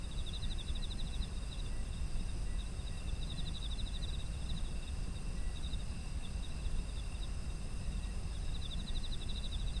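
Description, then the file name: Insect: repeated bursts of high pulsed insect trills alternate with steady shrill ringing, while a deep rumbling noise runs through the whole stretch. Ambient sound of insects in autumn. "秋の虫の環境音"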